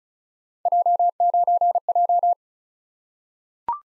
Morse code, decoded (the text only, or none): J9J